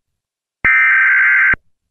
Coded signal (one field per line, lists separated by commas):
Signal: Emergency Alert System (SAME) tones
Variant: header bursts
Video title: eas and eas and eas